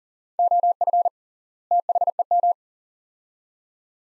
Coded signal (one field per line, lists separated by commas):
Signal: Morse code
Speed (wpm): 40 wpm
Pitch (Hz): 700 Hz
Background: none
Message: OF THEM